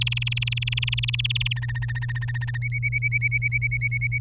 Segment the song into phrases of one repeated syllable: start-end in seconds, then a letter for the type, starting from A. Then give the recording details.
0.01-1.53 A, 1.56-2.58 B, 2.62-4.18 C. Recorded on 23 April 2018 at 15:18. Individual llb3